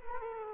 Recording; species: mosquito wingbeat signal from an infrared sensor; Culex quinquefasciatus